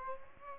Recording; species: mosquito wingbeat signal from an infrared sensor; Aedes aegypti